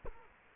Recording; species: mosquito wingbeat signal from an infrared sensor; Culex quinquefasciatus